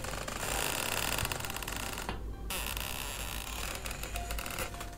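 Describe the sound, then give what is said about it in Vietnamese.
Harsh, continuous creaking and grating, like a hammer prying out a nail, coming from the corner of a room at night, with a dense crackly texture that holds steady and loud, thinning briefly midway. No voices are heard. “Lắng tai nghe kỹ, giống như là tiếng ai đó lấy cây búa mà cậy đinh vậy.”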